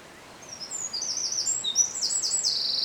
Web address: ocells Chochin-paleartico